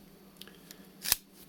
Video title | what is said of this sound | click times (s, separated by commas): GERBER MULTI TOOL+ SHEATH, Quality, One Hand Open,14 Tools in One. | I said it really locks in place with this knife and you put the | 1.1 s